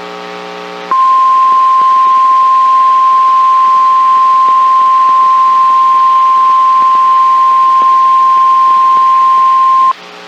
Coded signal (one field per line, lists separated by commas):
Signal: Emergency Alert System (SAME) tones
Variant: 1050 Hz attention tone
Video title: ALL CAUGHT THROUGH MY TFT (EAS Alerts: #322 - 336) - 6/15/22